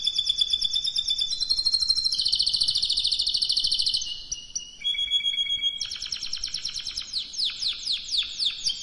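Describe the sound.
Canary singing loud, high rolling trills, one long steady roll, a brief lull near four seconds, then rapid sweeping chirps to the end.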